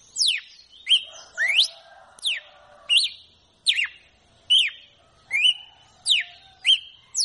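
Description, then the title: Red-cowled cardinal song, a steady series of clear whistles, mostly falling steeply and some sweeping upward, each phrase spaced well under a second apart. "Galo De Campina"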